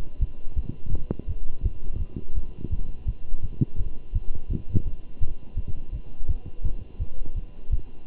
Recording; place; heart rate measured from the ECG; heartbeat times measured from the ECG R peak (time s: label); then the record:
heart sounds by stethoscope; between the tricuspid and mitral areas; 168 bpm
0.20 s: heartbeat
0.56 s: heartbeat
0.92 s: heartbeat
1.28 s: heartbeat
1.63 s: heartbeat
1.99 s: heartbeat
2.35 s: heartbeat
2.71 s: heartbeat
3.06 s: heartbeat
3.42 s: heartbeat
3.78 s: heartbeat
4.13 s: heartbeat
4.49 s: heartbeat
4.85 s: heartbeat
5.20 s: heartbeat
5.56 s: heartbeat
5.92 s: heartbeat
6.28 s: heartbeat
6.63 s: heartbeat
6.99 s: heartbeat
7.35 s: heartbeat
7.71 s: heartbeat
8.06 s: heartbeat
From the record:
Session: Bruce protocol treadmill stress test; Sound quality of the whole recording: good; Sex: male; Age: 23 years